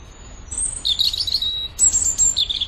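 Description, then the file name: European robin song, thin high warbling phrases and sustained whistles, with a brief pause before a second burst of trills. "Erithacus rubecula"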